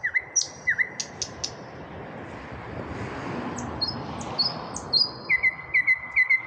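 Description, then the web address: Common nightingale song: repeated whistled notes at the start and end, with a broad rushing noise swelling through the middle that masks the singing. "rossignol chant du rossignol a zhuravleva"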